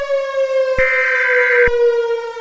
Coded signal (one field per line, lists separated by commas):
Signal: Emergency Alert System (SAME) tones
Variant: header bursts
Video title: Fires from Heaven - REMASTERED (EAS Scenario)